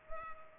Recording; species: mosquito wingbeat signal from an infrared sensor; Culex pipiens